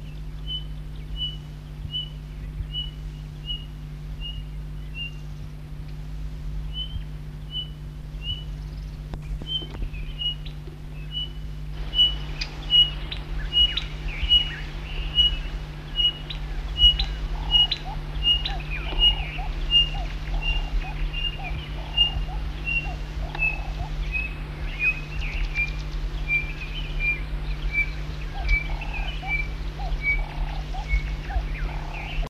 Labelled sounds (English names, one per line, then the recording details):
Pririt Batis call
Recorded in captivity
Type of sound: call
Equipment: Halbspur, 9,5 cm/s
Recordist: Lütgens, Hans
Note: mit Weibchen-Kurzrufen